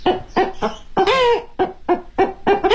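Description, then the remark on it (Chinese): A vocal mimicry (kouji) performer imitates an old hen clucking, using a circular breathing and vocalising technique: a string of short, throaty clucks in an uneven rhythm, with one longer drawn-out squawk in the middle, fairly loud and alone. “你比如说老母鸡。”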